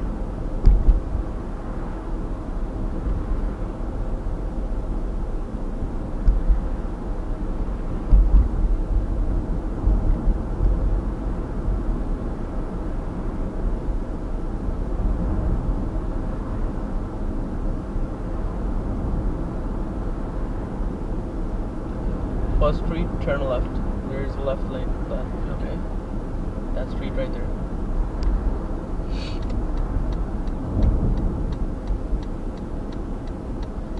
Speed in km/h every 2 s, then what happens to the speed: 47, 46, 44, 44, 46, 47, 47, 46, 44, 46, 46, 47, 47, 46, 45, 43, 42.
0-24 steady at about 46.